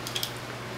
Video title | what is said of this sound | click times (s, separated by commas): How to fold & unfold the Osaka/Tachihara 4x5 Field Camera | And this slides back and then slides back down again, slides over till it clicks, and | 0.2 s